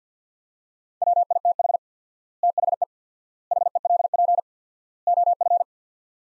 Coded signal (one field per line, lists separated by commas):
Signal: Morse code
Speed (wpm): 50 wpm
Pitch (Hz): 700 Hz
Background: none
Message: WITH THE HELP OF